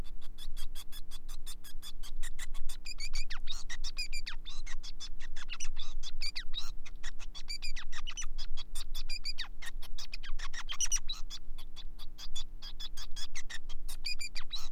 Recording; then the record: song of a male Bengalese finch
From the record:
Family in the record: son of father 5